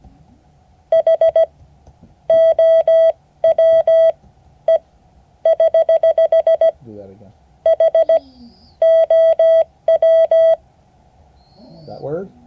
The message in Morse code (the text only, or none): HOWE <HH> HOW